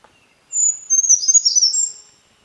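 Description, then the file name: Brown creeper singing one high, wispy phrase: a sustained thin opening note followed by a rapid cascade of fine twittering notes, with quiet surroundings. Subspecies Certhia americana nigrescens. "BRCR SONG TN - Brown Creeper - Certhia americana nigrescens"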